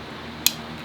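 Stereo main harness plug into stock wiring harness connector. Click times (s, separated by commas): 0.5 s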